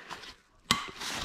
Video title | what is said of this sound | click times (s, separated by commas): Chicco Next 2 Me vs Tutti Bambini Cozee Bedside Crib Review | pops into place there's | 0.7 s